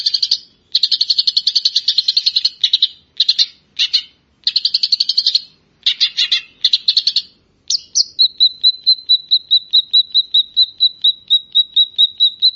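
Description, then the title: Grey-cheeked bulbul giving loud buzzy rattling bursts in short bouts, then a steady train of sharp high ticks; no other sounds. "Kicau Burung Cucak Jenggot"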